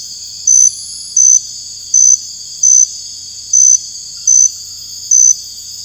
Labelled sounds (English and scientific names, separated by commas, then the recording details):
none
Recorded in dense forest near Puerto Asís, Putumayo, Colombia, on 13 March 2025 at 01:00
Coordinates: 0.484, -76.317
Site G064